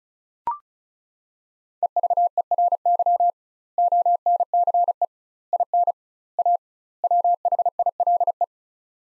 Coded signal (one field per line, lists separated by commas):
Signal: Morse code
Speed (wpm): 36 wpm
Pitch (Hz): 700 Hz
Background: none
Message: EVERY ONCE IN A WHILE